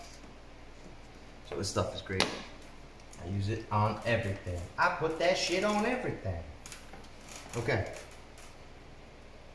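A wiring harness connector, greased with dielectric grease, is handled as it is readied to be pushed onto the fuel pressure regulator of a Duramax. Someone talks over light handling noises, with a brief sharp sound near 6.7 seconds. Nothing has seated or clicked yet.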